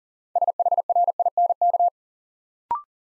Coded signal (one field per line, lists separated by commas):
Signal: Morse code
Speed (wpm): 41 wpm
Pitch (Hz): 700 Hz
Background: none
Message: SHRINK